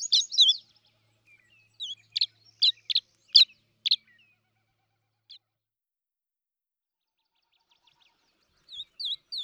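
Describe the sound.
Tree swallow uttering scattered sharp chirps and slurred twitters, a flurry at the start, then spaced notes, a long quiet gap, and a few more near the end.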